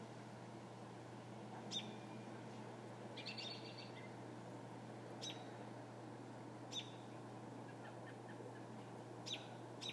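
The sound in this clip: American robin calls: brief, sharp high notes and one short chattering burst, spaced irregularly against a low electrical hum and soft background noise.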